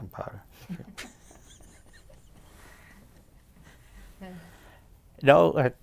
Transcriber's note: both laugh